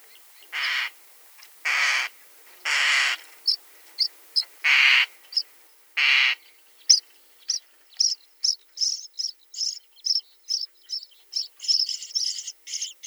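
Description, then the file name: Common starling giving several harsh, hissing screeches mixed with short high notes, followed by a fast run of high clicks. "Sturnus vulgaris"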